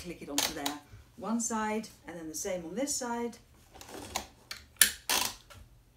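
A woman talks while holding a metal bracket in place and pulling an Axkid Minikid car seat's one-way tether strap down. The strap's hook clicks onto the seat-rail bracket on the second side at 4.8 s, with a smaller click just before at 4.5 s. The hook is seated.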